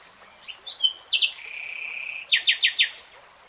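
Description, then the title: Nightingale song: short varied whistles, a sustained steady whistled note, then four loud sweeping notes in quick succession. Nightingale singing in real time. "[Tiếng chim hót] REALTIME Nightingale Singing"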